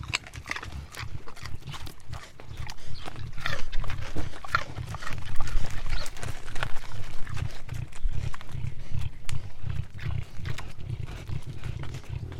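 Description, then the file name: Collared peccary foraging sounds: low rumbling grunts and snuffles with scattered clicks and rustles, pulsing irregularly through the whole stretch. Javelina foraging. "javlina foraging"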